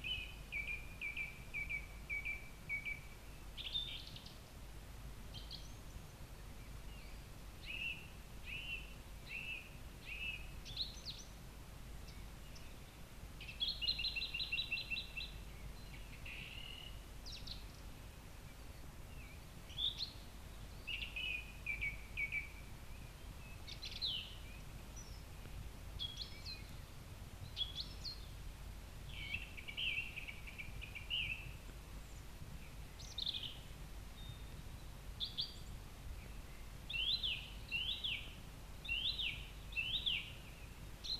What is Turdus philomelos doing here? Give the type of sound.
song